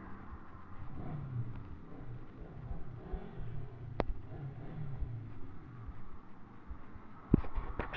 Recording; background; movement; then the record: deep breathing; traffic; walking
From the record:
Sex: male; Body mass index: 20.5 kg/m2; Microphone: on the chest, facing the body